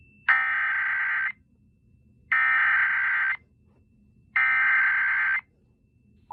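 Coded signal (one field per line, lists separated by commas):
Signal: Emergency Alert System (SAME) tones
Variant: header bursts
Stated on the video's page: Mock EAS scenario with valid tones, not a real alert.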